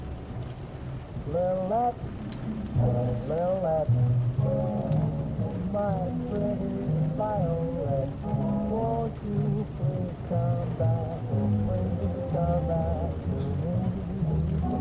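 Oldies music plays muffled and steady, a singing voice rising and falling over a thumping low bass line, with faint crackly hiss throughout.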